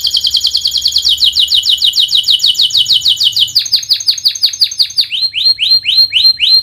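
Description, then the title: Canary song: fast rolling trills of repeated downslurred notes, shifting through several tours, ending in slower repeated swooping notes. Vigorous singing canary (gacor) praised for the best cengkok phrasing and most luxurious isian fill-in notes; Indonesian songbird-keeping (kicaumania) context. "Kenari Gacor Cengkok Terbaik Isian Paling Mewah Kenarigacor Kicaumania Kenari"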